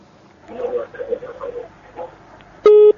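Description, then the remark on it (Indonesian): A muffled, garbled caller's voice comes over a telephone line during a live call-in, then the call cuts off into a single loud, steady electronic tone, like a busy signal. “Terputus, kita berikan kesempatan kembali untuk Anda”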